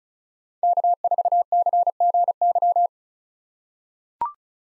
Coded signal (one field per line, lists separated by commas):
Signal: Morse code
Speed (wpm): 36 wpm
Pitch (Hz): 700 Hz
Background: none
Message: K4CGY